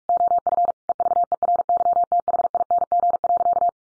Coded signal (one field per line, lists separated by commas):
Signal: Morse code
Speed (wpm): 44 wpm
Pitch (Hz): 700 Hz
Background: none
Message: OF EVERYTHING.